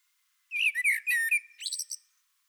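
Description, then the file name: Common blackbird song: a single phrase of rich, low warbled whistles that breaks into a brief, high, scratchy twitter at the end. "Turdus merula"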